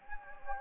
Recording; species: mosquito wingbeat signal from an infrared sensor; Anopheles gambiae